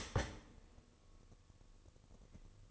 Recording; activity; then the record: daily activity, microphone in the room; start toaster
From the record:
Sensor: 4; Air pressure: 1008.1 hPa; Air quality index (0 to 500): 109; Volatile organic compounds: 1 ppm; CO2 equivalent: 804 ppm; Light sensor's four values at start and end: 8/18/7/8 and 8/18/7/8